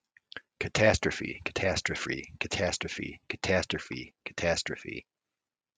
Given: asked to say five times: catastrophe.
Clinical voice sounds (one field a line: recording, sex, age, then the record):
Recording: repeated word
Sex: male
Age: 50 to 59 years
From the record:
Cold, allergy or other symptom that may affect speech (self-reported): no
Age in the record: 56 years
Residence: Georgia, United States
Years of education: 16